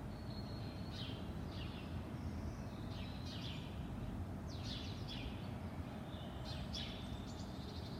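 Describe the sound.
Birds chirping in bright clustered bursts with a few thin held whistles between them, against continuous low background rumble.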